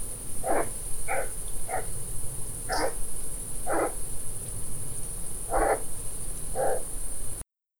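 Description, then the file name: European pine marten giving a series of short, coarse, barking calls, seven bursts at irregular intervals of about half a second to two seconds, with a constant high-pitched whine throughout. "Martora da xenocanto"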